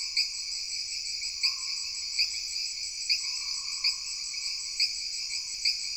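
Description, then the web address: Jungle insects producing a steady shrill buzz with bright ticks recurring about every second, plus a faint lower drawn-out tone. Jungle background ambience of insects with frogs. "Sony Pictures Sound Effects Series Backgrounds Jungle Insects With Frogs"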